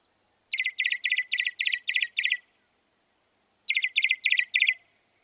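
Northern mockingbird song in two bursts of buzzy repeated notes, seven in the first and four in the second.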